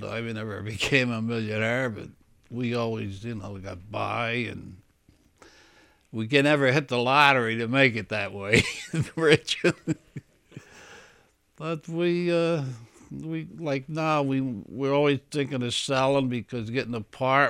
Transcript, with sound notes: I never became a millionaire but we always, you know, we got by and we can never hit the lottery to make it that way, (he laughs) rich. But we, we like now we're always thinking of selling because, getting an apartment.